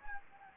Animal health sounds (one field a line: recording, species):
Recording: mosquito wingbeat signal from an infrared sensor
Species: Anopheles gambiae